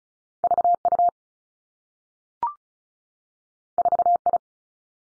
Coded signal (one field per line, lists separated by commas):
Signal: Morse code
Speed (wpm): 36 wpm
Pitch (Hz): 700 Hz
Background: none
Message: V U 4 I